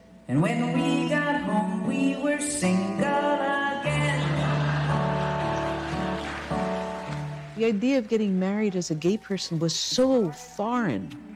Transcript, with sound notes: And when we got home, we were single again.
(LAUGHTER)
The idea of getting married as a gay person was so foreign.